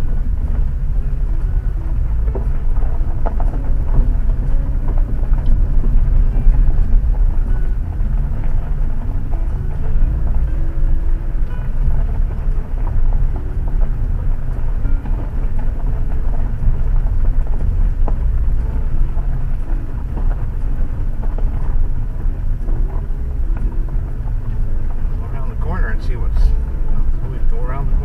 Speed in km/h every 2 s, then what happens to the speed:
20, 20, 17, 15, 16, 17, 17, 17, 15, 14, 15, 14, 14, 16.
0-28 steady at about 16.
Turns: none.